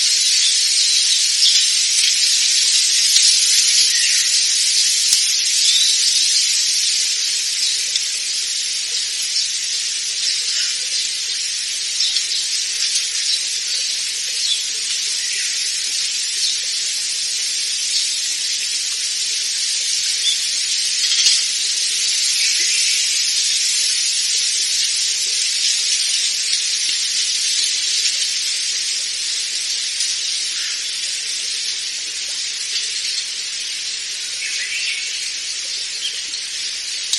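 Wind rustles through bamboo leaves in a steady, dense hiss, bright and airy with almost no low rumble. The level stays nearly even for the whole length, swelling slightly now and then, with faint brief flutters as gusts stir the leaves.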